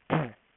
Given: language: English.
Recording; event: throat vibration sensor signal played as sound; throat clearing